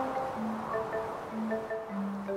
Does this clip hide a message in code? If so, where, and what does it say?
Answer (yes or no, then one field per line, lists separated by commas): no